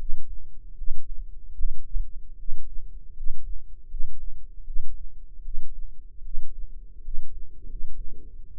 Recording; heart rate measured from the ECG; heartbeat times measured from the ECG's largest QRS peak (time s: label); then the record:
heart sounds by microphone in the left ear; 77 bpm
0.74 s: heartbeat
1.54 s: heartbeat
2.35 s: heartbeat
3.12 s: heartbeat
3.86 s: heartbeat
4.63 s: heartbeat
5.41 s: heartbeat
6.21 s: heartbeat
7.00 s: heartbeat
7.65 s: heartbeat
8.55 s: heartbeat
From the record:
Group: healthy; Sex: female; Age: 22 years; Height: 171 cm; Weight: 65.6 kg